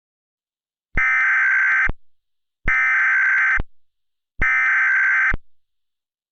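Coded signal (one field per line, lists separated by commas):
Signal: Emergency Alert System (SAME) tones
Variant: header bursts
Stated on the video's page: Fictional EAS scenario.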